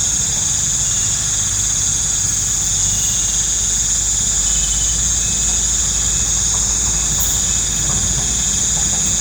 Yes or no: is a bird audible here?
no